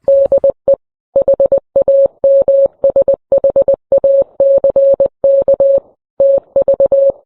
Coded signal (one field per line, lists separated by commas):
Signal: Morse code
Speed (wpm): 20 wpm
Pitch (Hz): 550 Hz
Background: none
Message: DE HAMSHACK TV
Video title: Why Ham Radio's Future is More Relevant Than Ever